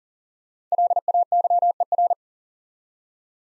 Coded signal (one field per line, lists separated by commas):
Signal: Morse code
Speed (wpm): 40 wpm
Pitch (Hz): 700 Hz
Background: none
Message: LAYER